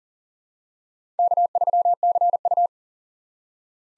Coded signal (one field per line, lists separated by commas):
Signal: Morse code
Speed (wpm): 40 wpm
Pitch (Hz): 700 Hz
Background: none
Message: K3CU